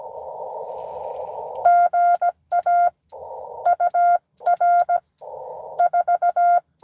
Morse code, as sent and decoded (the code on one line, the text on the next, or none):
--. .- / ..- .-. / ....-
GA UR 4